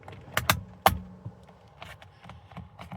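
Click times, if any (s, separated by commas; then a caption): 0.4 s, 0.5 s, 0.9 s. After the clock spring in a 2019 Subaru Ascent is replaced, the driver airbag module is centered in the steering wheel and pushed firmly until its spring clips snap in. Sharp snaps are heard at 0.4 s, 0.5 s and 0.9 s, followed by fainter small knocks. The airbag module seats in the steering wheel.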